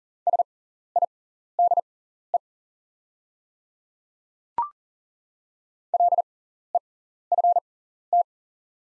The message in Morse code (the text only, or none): SIDE LEFT